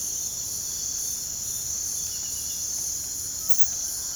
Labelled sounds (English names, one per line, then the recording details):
none
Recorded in pastures near Puerto Asís, Putumayo, Colombia, on 27 June 2025 at 05:00
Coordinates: 0.497, -76.327
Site G040